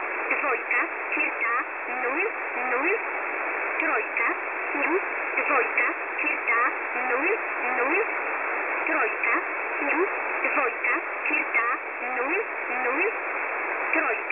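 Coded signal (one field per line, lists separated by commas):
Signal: numbers station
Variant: S11a, Polish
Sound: a voice reading short, evenly spaced words through heavy shortwave hiss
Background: radio static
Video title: S11a Cherta 15/07/2023 0830 UTC 5149kHz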